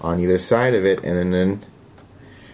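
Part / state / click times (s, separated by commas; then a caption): rotor pole assembly into the motor kit's bearing mount between the brushes / seated / 2.0 s. Someone talks while the rotor pole assembly of a small hobby motor kit is placed between the two brushes and pushed down carefully into the kit's bearing mount. The talking stops, and after a quiet pause a short, sharp snap is heard at 2.0 s as the rotor seats in its holder.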